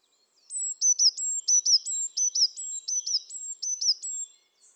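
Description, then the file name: Eurasian blue tit delivering a long string of high, sharp notes, each a level whistle dropping quickly. "Cyanistes caeruleus"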